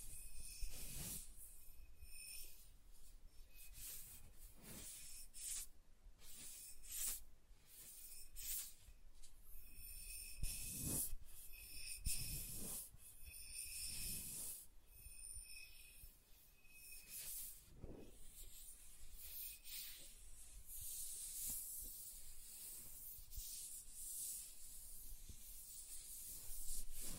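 Soft tracing across smooth and rough surfaces makes a steady, airy hiss and rub that runs the whole time. Short brighter scratchy strokes come every second or two, some with a faint ringing tone, over a thin low rumble underneath.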